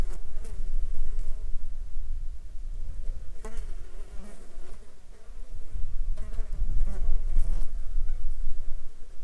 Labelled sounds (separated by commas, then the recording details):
insects
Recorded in Ivvavik National Park, Yukon, on 7 July 2019 at 18:34
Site SINP03